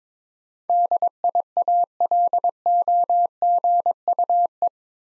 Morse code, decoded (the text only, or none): DIALOGUE